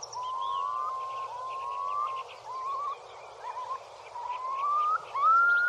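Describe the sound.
Eurasian curlew song: drawn-out, upward-sliding whistles in quick succession, the last one louder and steeper.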